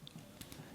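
A plastic track piece of an M10/M36 Tank Destroyer model kit is pushed onto its mount in the tank hull and clicks into place at 0.1 s, seating in the right spot. Two more short plastic ticks follow at about 0.4 s and 0.5 s over quiet background noise.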